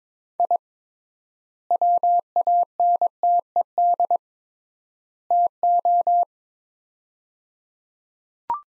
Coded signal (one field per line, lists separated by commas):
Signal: Morse code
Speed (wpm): 22 wpm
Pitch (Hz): 700 Hz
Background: none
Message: I WANTED TO